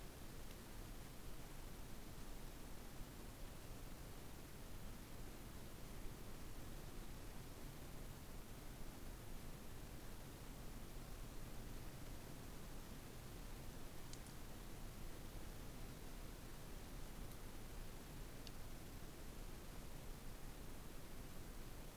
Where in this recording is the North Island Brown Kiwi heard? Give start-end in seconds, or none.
none